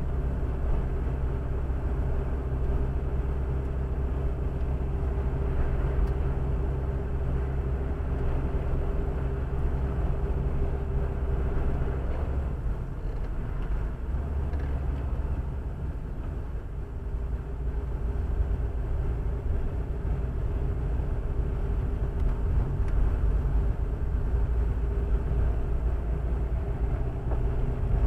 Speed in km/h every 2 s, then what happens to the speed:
49, 46, 45, 46, 49, 47, 45, 40, 35, 31, 33, 34, 34, 33.
0-9 steady at about 46. 9-17 slows to 31. 17-28 steady at about 33.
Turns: none.